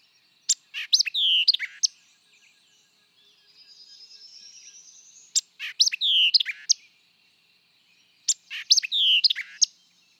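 White-eyed vireo repeating its brisk phrase of chips and a downslurred whistle three times, with a thin rising buzz between the first two phrases.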